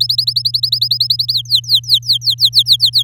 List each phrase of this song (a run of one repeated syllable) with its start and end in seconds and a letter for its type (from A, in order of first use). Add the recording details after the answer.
0.00-1.33 A, 1.33-3.03 B. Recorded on 8 May 2018 at 05:52. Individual llb16